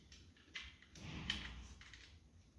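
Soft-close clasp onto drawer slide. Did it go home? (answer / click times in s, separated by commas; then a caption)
no / none. A soft-close clasp is handled on an IKEA cabinet drawer slide after being retracted, producing small ticks and scraping noises with sharper handling knocks near 0.6 and 1.3 seconds. The clip ends just before the part goes home, so nothing has seated or clicked yet.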